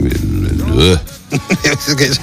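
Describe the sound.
A man's voice makes a low, guttural groan that swoops up and down in pitch, then breaks into several short, choppy grunts, all wordless and fairly loud.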